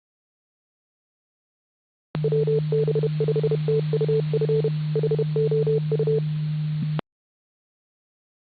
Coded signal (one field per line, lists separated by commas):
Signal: Morse code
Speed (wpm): 31 wpm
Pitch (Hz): 440 Hz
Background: none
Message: WB5TUF HOU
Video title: 10 Meter Repeaters / 40 Meter Swap Net